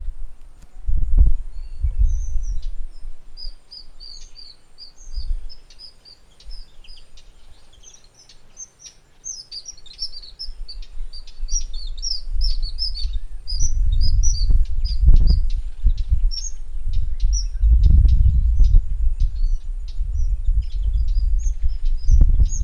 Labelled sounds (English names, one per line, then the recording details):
Rufous Chatterer
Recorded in northern Uganda